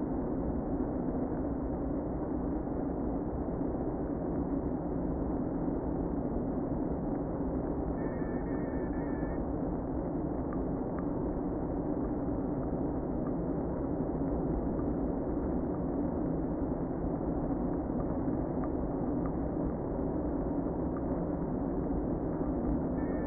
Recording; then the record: honeybee colony, microphone inside the hive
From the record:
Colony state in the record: queen present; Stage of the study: before two queens were removed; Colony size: about 60,000 bees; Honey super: yes